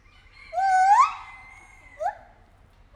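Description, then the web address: White-handed gibbon call: one long rising whoop with strong harmonics, followed by two short upward-swept hoots after a pause. Captive animal at Nyíregyháza Zoo, 2019; calls given with shorter and longer pauses between them. "allathangok nyiregyhazizoo 2019 professzionalis feherkezu gibbon kisebbnagyobbszunetekkel nyiregyhaza"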